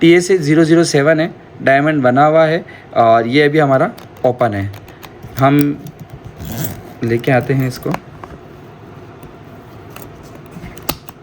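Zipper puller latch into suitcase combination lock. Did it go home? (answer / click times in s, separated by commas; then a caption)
yes / 10.9 s. Zipper pullers are pressed into an American Tourister suitcase's combination TSA lock, set at code 00, until they latch. Someone talks for the first eight seconds, then faint handling noise follows, and a sharp click at 10.9 s marks the lock latching shut.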